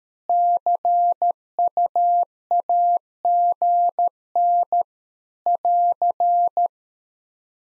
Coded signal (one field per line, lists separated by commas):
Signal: Morse code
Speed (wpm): 13 wpm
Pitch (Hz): 700 Hz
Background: none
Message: CUAGN <AR>